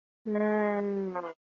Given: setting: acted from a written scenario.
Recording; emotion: vocal sound without words; contentment